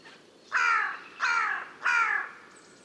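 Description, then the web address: Bird giving harsh, raspy calls: three caws in quick succession over a quiet background hiss. "cianscape. Deverinetal. Bird Only"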